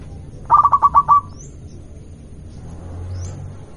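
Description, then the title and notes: Zebra dove song: a quick run of about six soft staccato cooing notes, followed by faint high chirps from other birds and low traffic rumble. Local zebra dove. "Kicau Perkutut Lokal. Kicau Burung Perkutut"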